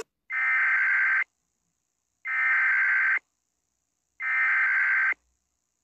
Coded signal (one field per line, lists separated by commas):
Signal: Emergency Alert System (SAME) tones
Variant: header bursts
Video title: Rating EAS alarms Part 7!